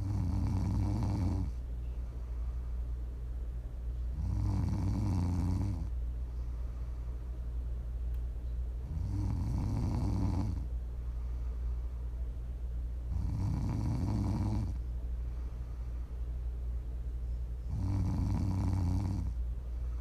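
ASMR snoring: an adult sleeper snores in a steady rhythm. Each low-pitched snore lasts about a second and comes back roughly every four seconds, with quieter breathing in between.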